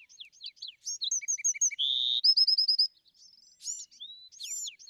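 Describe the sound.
Bewick's wren song: scratchy high notes, then a few low pips, a steady buzz, and a fast bright trill, with soft chips and arched whistles before and after.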